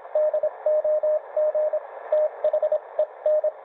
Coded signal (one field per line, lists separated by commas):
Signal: Morse code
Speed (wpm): 26 wpm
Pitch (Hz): 620 Hz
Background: radio noise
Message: DOG THEN